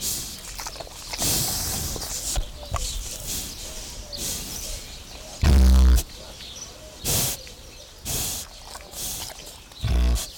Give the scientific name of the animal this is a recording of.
Sus scrofa